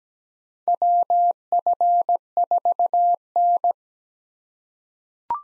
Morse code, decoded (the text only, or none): WF4N